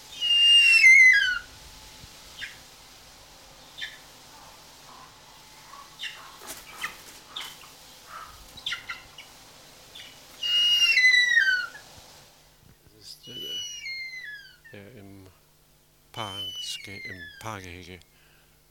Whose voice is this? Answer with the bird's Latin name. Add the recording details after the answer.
Harpia harpyja. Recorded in captivity. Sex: male. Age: adult. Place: Tierpark Berlin, Berlin, DE. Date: 1983-10-01 10:46. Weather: sonnig ca. 6°C, leichter Wind. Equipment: Nagra SN, Kopie Uher 4000 Report Monitor. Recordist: Tembrock, Günter